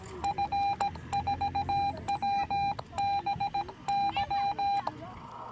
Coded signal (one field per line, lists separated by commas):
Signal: Morse code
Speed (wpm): 18 wpm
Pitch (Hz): 800 Hz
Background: none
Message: F4WBY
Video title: First Look at The Xiegu G1M SSB/CW QRP Radio.